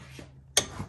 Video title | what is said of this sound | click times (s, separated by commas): Willys Jeep REAR Driveshaft (Propshaft) INSTALL | until you hear that click and | 0.6 s